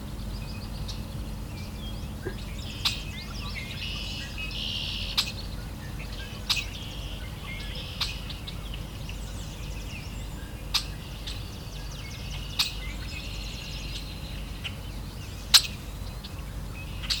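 Birds chirp and call over a steady low rumble at Valens Lake in June. Bright, busy twittering fills the upper range throughout, and sharp clicks or ticks punctuate it every couple of seconds, one standing out near fifteen seconds.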